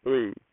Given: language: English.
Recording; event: throat vibration sensor signal played as sound; speech